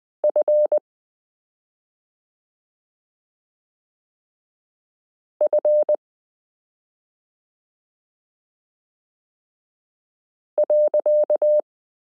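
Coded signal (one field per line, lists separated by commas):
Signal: Morse code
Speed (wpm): 20 wpm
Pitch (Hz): 600 Hz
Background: none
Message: F F .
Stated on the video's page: Morse listening lesson 24 of a 72-part Koch-method variation series, introducing the letter q.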